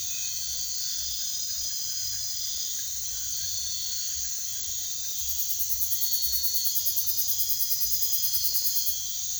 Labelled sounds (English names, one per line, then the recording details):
none
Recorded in pastures near Puerto Asís, Putumayo, Colombia, on 22 June 2025 at 03:00
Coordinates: 0.466, -76.322
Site GP07